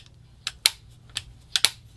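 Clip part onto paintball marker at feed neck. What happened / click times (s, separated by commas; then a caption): A snap-on part clicked into place / 0.7 s. A clip part is pressed onto the feed neck of an Angel paintball marker (A4 05 Speed / G7 Fly assembly) to take up the gap left by the feed neck's threading, and it should fit firmly enough to be hard to remove. A sharp snap at 0.7 s shows that the part has seated. Other short clicks are heard at about 0.5, 1.2, 1.6 and 1.7 s.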